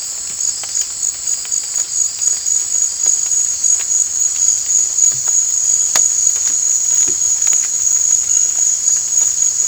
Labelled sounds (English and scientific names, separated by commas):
none